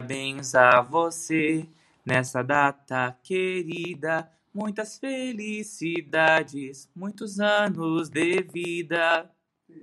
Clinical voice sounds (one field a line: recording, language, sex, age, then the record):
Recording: short text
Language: Brazilian Portuguese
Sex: male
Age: 30 to 39 years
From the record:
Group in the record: control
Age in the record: 33 years